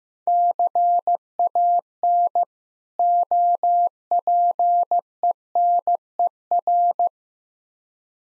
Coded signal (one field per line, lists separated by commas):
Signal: Morse code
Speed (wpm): 15 wpm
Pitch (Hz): 700 Hz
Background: none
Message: CAN OPENER